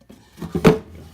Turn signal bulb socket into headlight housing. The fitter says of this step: old signal light it just came right out of the hole and it pops right in the new hole exactly